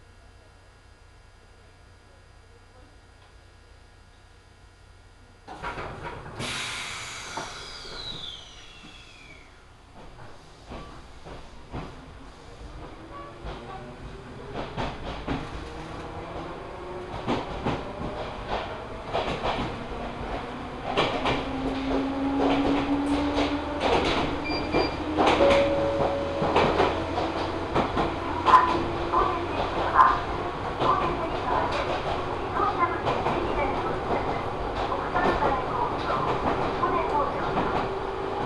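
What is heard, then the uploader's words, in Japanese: Aboard a local train: after five quiet seconds the car comes alive with a sudden clatter and a brief high squeal that slides downward. As it pulls away, a motor whine rises steadily in pitch while rail clicks grow louder and more frequent. 近江鉄道 高宮→彦根→八日市。高宮での待ち時間が長いこともあって一旦彦根まで戻り、再び本線に戻って八日市へと向かいます。高宮から八日市までは通称湖東・近江路線と呼ばれています。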